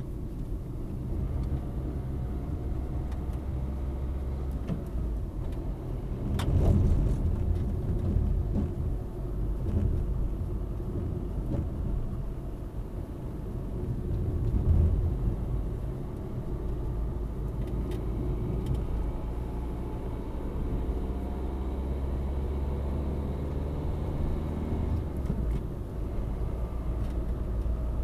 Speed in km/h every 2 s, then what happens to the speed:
32, 33, 33, 36, 38, 37, 36, 39, 42, 44, 50, 56, 62, 62.
0-13 steady at about 36. 13-28 speeds up to 62.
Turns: none.